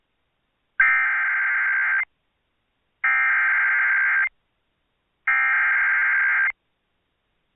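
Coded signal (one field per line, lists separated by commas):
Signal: Emergency Alert System (SAME) tones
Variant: header bursts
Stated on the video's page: EAS tones from NOAA Weather Radio alerts for tornadoes and AMBER Alerts.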